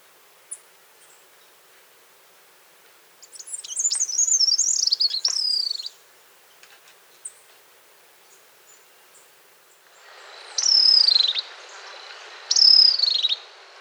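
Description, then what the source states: Bird song: a buzzy, high, descending phrase, then a pause with faint ticks, later two sharp high whistled notes slurring downward against a soft hiss. Song and call; Costa Rican cloud forest.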